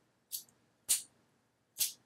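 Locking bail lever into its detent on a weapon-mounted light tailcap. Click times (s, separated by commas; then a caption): 0.3 s, 1.8 s. The small locking bail lever on the tailcap of an InForce Gen 2 WML/WMLx rifle-mounted weapon light is moved between its ready and locked positions, producing three short, bright, hissy snaps about 0.9 seconds apart. The lever snaps into its new detent at 0.3 and 1.8 seconds, seating firmly in place. The detent was added because the old bail could creep up when the rifle was slung or carried in a bag and block the light when it was needed.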